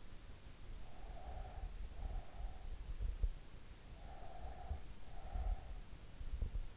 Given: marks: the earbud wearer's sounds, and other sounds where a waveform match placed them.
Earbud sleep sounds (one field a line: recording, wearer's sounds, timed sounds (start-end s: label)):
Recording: sounds in sleep by an in-ear microphone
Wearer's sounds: breath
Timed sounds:
0.85-2.86 s: breath
3.85-5.89 s: breath